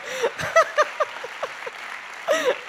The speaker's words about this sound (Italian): Sì, possiamo fare un applauso al pastore?